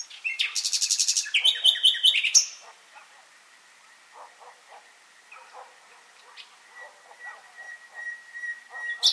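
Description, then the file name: Common nightingale song: a rapid buzzy rattle of repeated high notes and a few complex phrases, then scattered soft, quieter notes. "Luscinia megarhynchos"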